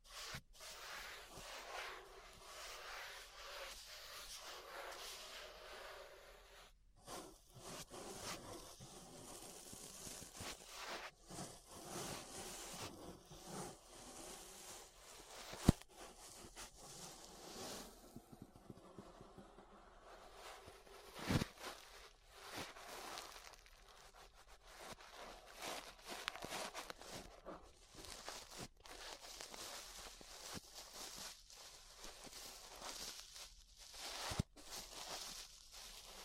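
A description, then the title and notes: Ear brushing: continuous soft, bright scratchy swishing strokes that rise and fall in rough waves, with brief near-silent breaks around 7 and 19 seconds. A few sharp clicks or taps stand out, loudest near 16 seconds and again around 34. ASMR Relaxing 3Dio Ear Brushing (No Talking).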